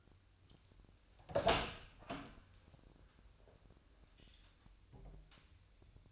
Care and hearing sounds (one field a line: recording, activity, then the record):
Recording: daily activity, microphone in the room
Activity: open door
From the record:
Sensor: 2